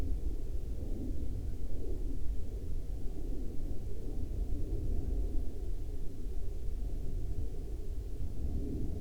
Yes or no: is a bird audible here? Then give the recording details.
no. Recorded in the Prudhoe Bay oil fields, Alaska, on 22 July 2021 at 01:33. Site 16